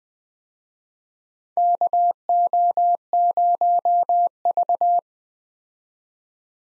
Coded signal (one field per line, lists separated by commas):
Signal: Morse code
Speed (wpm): 20 wpm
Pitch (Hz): 700 Hz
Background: none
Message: KO0V